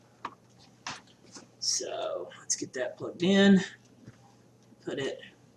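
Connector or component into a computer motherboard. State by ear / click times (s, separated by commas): not seated / none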